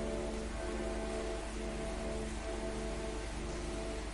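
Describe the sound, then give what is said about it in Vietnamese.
Heavy rain pours down during a thunderstorm in a steady, dense hiss with no breaks, a constant wash of sound across the whole stretch and no voices. “Bây giờ mưa, các bạn có thể nghe tiếng mưa rồi, sấm sét cũng y ầm rồi.”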